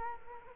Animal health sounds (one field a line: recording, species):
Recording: mosquito wingbeat signal from an infrared sensor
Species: Culex quinquefasciatus